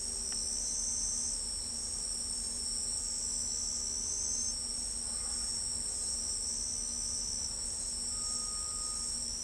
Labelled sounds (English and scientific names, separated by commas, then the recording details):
none
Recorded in pastures near Pivijay, Magdalena, Colombia, on 3 June 2023 at 04:00
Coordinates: 10.456, -74.369
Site P6-G026